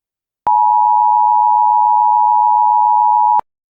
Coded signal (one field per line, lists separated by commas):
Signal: Emergency Alert System (SAME) tones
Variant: 853 and 960 Hz attention tone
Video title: EAS Scenario: Paranormalia [FULL MOVIE]